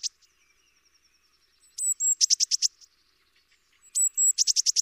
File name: Cyanistes caeruleus